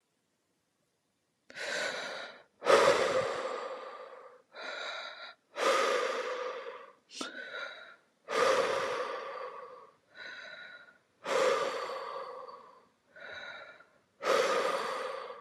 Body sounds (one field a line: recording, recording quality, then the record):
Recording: deep breathing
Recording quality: excellent, no background noise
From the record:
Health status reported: healthy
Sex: female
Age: 37 years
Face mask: not worn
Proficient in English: yes